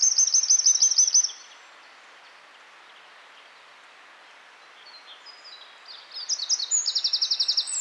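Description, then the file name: Eurasian wren singing: a shrill fast trill ends a phrase, a long quiet pause follows, then a new burst of high, tumbling notes and a machine-gun trill. "Troglodytes troglodytes"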